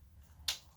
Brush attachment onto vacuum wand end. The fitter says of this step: on the end of this. Clips right on.